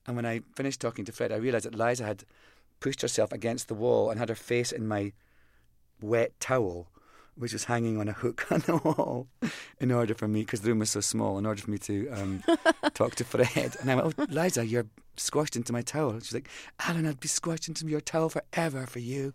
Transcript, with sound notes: And when I finish talking to Fred, I realized that Liza had pushed herself against the wall and had her face in my wet towel, which was hanging on a hook on the wall in order for me 'cause the room was so small, in order for me to talk to Fred.
(Laughter).
And I went oh, Liza, you're squashed into my towel. And she's like, Alan, I'd be squashed into your towel forever for you.